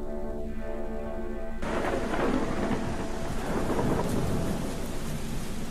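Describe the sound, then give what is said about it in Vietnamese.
A nighttime thunderstorm with wind and heavy rain outdoors: a dense, steady roar of downpour bursts in after a brief tonal lead-in, with deep thunder rumbling underneath throughout. “Đêm định mệnh đó là một đêm mưa gió, bão bùng. Ở bên ngoài trời mưa dữ lắm.”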